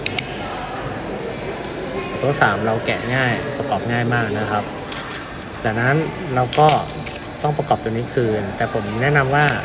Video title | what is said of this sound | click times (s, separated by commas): วิธีเปลี่ยนถ่านรีโมท BYD Atto3 ในงบ 59 บาท | ก็ดันเข้าล็อคไปนะครับ | 0.1 s, 0.2 s